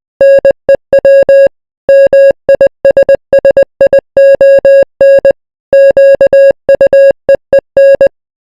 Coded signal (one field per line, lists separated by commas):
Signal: Morse code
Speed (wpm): 20 wpm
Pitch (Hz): 550 Hz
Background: music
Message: NEW MISSION QUEEN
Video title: the royal empire morse code